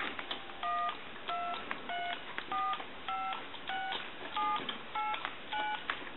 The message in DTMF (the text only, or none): 123456789